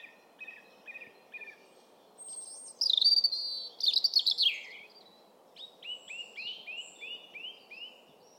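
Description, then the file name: European robin song: short high chirps, then a loud burst of sharp, rapid notes, followed by a series of falling whistled notes, over a soft low background hiss. "Erithacus rubecula"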